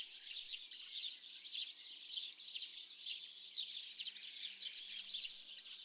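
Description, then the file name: Eurasian blue tit giving short, high, arching notes, a pair at the start and another near the end, above a steady high background hiss. "Cyanistes caeruleus"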